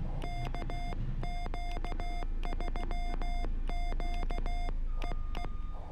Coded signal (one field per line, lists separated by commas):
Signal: Morse code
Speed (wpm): 16 wpm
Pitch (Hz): 3500 Hz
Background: none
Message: KQ3Q EE